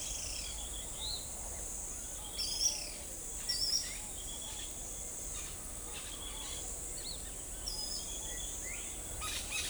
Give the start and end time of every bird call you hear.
0.00s-0.55s: Pale-eyed Pygmy Tyrant (2.0-6.7 kHz)
2.39s-3.00s: Pale-eyed Pygmy Tyrant (2.0-6.7 kHz)
3.43s-3.83s: Ochre-lored Flatbill (4.4-6.0 kHz)
7.64s-8.03s: Ochre-lored Flatbill (4.2-6.0 kHz)
8.26s-8.79s: Crested Bobwhite (1.5-2.8 kHz)
9.18s-9.69s: Brown-throated Parakeet (1.0-12.8 kHz)

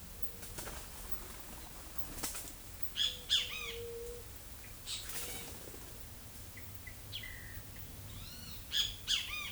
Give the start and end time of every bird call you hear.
2.94s-3.76s: Great Kiskadee (1.0-8.1 kHz)
3.01s-4.27s: White-tipped Dove (0.3-0.6 kHz)
8.15s-9.52s: Great Kiskadee (0.7-10.2 kHz)

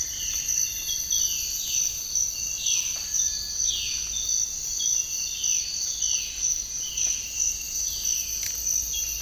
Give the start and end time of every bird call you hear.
0.00s-4.04s: Violaceous Jay (2.3-4.2 kHz)
5.03s-8.40s: Violaceous Jay (1.8-4.6 kHz)

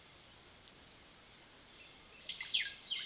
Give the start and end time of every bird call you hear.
2.27s-2.75s: Russet-backed Oropendola (0.7-6.0 kHz)
2.87s-3.06s: Violaceous Jay (1.0-6.8 kHz)

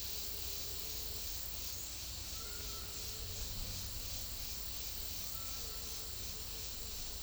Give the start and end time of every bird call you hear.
2.08s-6.24s: White-throated Toucan (0.9-2.5 kHz)

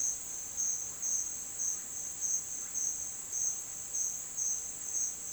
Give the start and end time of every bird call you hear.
0.00s-2.93s: Russet-backed Oropendola (0.7-3.0 kHz)

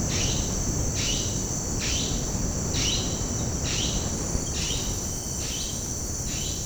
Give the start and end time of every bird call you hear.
0.00s-6.65s: Orange-winged Amazon (1.2-9.0 kHz)

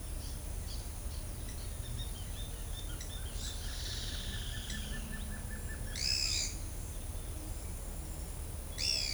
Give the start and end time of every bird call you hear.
1.77s-3.71s: White-whiskered Spinetail (2.5-4.1 kHz)
2.85s-6.28s: Black-crested Antshrike (1.1-1.9 kHz)
2.99s-3.53s: Pale-eyed Pygmy Tyrant (1.8-8.0 kHz)
3.53s-5.09s: Straight-billed Woodcreeper (2.6-7.8 kHz)
5.87s-6.52s: Pale-eyed Pygmy Tyrant (1.3-10.4 kHz)

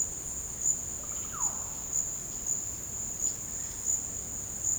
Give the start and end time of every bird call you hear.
0.88s-1.57s: Russet-backed Oropendola (0.2-3.6 kHz)

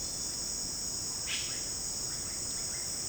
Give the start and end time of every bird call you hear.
1.23s-1.62s: Violaceous Jay (1.1-5.2 kHz)

